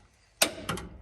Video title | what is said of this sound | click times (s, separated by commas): Replacing Rear Shock Absorbers - 1985 Chevrolet Caprice Classic | until it clicks okay | 0.4 s